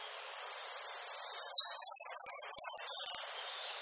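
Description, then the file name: Asian stubtail song: a thin, piercing, insect-like buzz on a very high pitch, growing gradually louder for about three seconds before stopping abruptly. "yabu"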